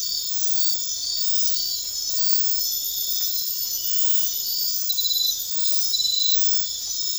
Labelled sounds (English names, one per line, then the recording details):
none
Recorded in dense forest near Puerto Asís, Putumayo, Colombia, on 18 February 2024 at 03:00
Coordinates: 0.500, -76.322
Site G6465